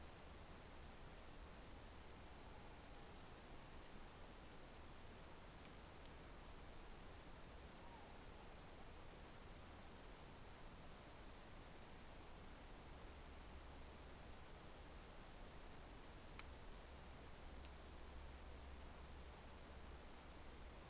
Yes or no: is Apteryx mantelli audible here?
no